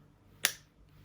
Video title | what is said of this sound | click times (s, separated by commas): Wotofo Manik Pod Mod Review | That's a reassuring click that goes into place. | 0.5 s